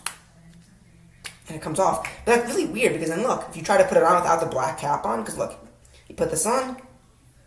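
Someone talks while handling the outer cap of an Eau D'Italie Mystic Sunset fragrance bottle, getting ready to push it down over the atomizer neck with the inner black plastic cap removed. A sharp short tap is heard at 0.1 s and a fainter one at 1.3 s, followed by steady talking. Nothing has seated or clicked yet.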